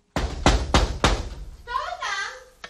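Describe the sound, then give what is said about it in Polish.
Four loud, hollow knocks on a door in a steady rhythm, followed by a voice calling out briefly. It is a radio sketch from the repertoire of the Dudek cabaret, with performers Jonasz Kofta and Stefan Friedman knocking at the door. “Na zakończenie piosenkę zaśpiewa Jan Kaczmarek, ale najpierw fachowcy, czyli Jonasz Kofta i Stefan Friedman, którzy już pukają do drzwi.”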